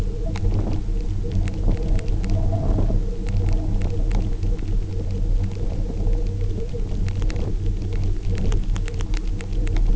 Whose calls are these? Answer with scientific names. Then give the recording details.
none. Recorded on Arctic tundra, site UTQI-0, on 27 June 2018. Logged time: 04:00